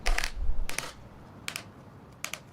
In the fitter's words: teeth is the black flange will click against the cap as I tighten it on the